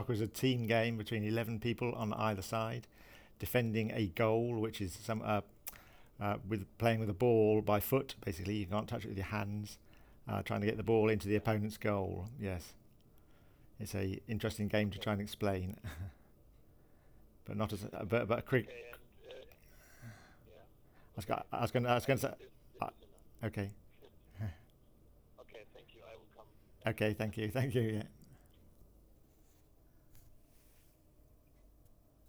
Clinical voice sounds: conversation on a phone call; English; 1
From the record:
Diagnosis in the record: Parkinson's disease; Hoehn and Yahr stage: 2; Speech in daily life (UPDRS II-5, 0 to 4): 0

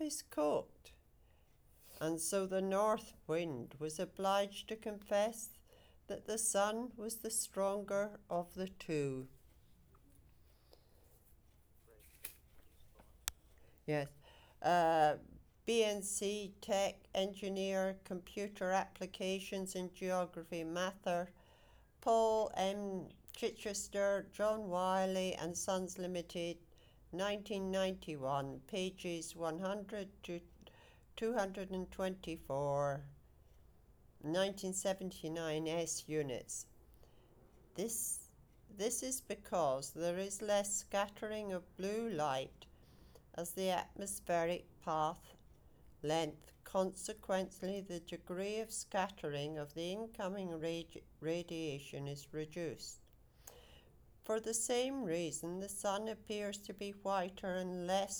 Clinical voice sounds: text read into a phone; English; 0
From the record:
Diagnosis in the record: healthy control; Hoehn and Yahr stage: 0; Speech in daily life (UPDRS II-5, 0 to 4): 0

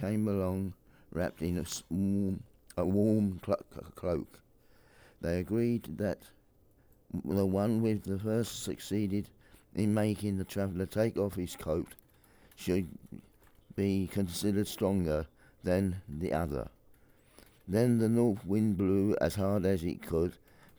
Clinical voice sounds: text read into a phone; English; 1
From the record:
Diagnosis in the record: Parkinson's disease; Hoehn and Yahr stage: 4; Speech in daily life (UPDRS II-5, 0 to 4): 1

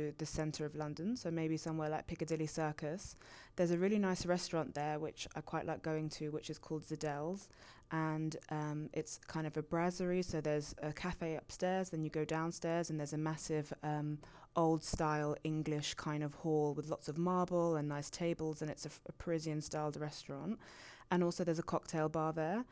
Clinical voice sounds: conversation on a phone call; English; 0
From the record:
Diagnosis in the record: healthy control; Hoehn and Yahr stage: 0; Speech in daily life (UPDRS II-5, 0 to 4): 0

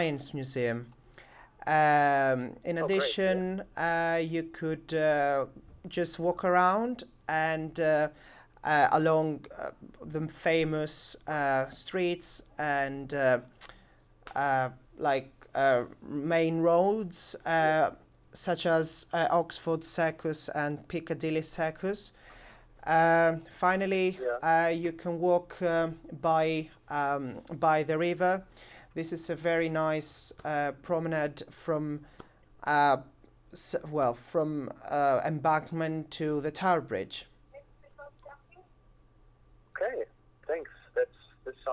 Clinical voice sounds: conversation on a phone call; English; 0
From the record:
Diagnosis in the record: healthy control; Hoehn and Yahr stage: 0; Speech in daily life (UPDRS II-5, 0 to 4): 0

